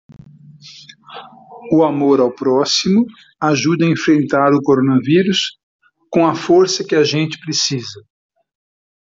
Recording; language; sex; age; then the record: spoken sentence; Brazilian Portuguese; male; 50 to 59 years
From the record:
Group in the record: control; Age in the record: 56 years